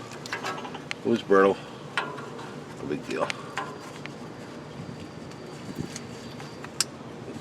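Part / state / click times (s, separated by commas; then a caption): oxygen sensor wiring connector into its vehicle harness plug / seated / 6.8 s. On a Jeep Grand Cherokee, the plastic electrical connector of the oxygen sensor wiring is pushed together into its vehicle harness plug while someone talks. Scattered small clicks and handling noises lead up to a sharp little snap at 6.8 s, and the connector is seated with a positive connection.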